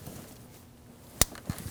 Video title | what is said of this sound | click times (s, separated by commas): How to Replace Camshaft Position Sensor 2013-2015 Subaru XV Crosstrek 2.0L H4 | Make sure you hear the click. | 1.2 s